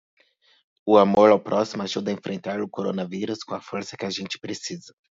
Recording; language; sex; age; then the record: spoken sentence; Brazilian Portuguese; male; 30 to 39 years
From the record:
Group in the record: control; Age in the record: 33 years